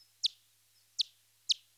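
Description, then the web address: Daubenton's bat echolocation: three short, sharp downward-sweeping clicks at uneven spacing, about half a second to three quarters of a second apart, with a faint steady low hum beneath. "batlab echolocation myotdaub"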